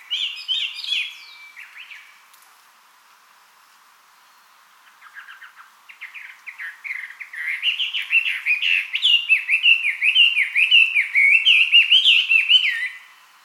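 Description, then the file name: Chinese hwamei singing. A rich whistled phrase, a pause, then building series of loud looping, slurred whistles delivered rapidly and varied from note to note. Recorded 2007-05-24. "gabityo"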